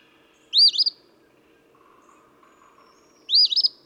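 Eastern phoebe singing two buzzy, stuttering fee-bee phrases about three seconds apart.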